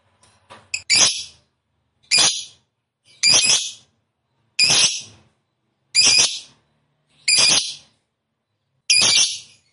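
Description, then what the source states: Lovebird harsh screeching calls, seven loud rasping shrieks spaced roughly every one to one and a half seconds. Lovebird described as a fighter type and gacor (actively singing).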